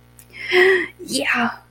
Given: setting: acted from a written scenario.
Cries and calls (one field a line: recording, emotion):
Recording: vocal sound without words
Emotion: triumph